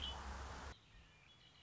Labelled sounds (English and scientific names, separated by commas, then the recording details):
Red-winged Blackbird (Agelaius phoeniceus)
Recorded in Sonoma County, California